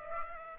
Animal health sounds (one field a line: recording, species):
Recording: mosquito wingbeat signal from an infrared sensor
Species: Aedes aegypti